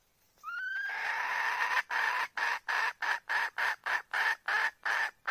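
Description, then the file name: Red junglefowl call: one rising note leading into a long harsh squawk, then a run of about ten short, harsh, clucking bursts repeated roughly three times a second. Hen calling the rooster. "tieng ga mai rung goi trong"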